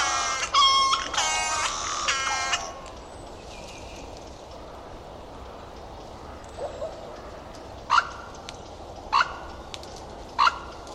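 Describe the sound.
Bird giving loud, harsh, buzzy calls rich in overtones, three in quick succession, then after a pause three short sharp notes roughly a second apart over steady background hiss.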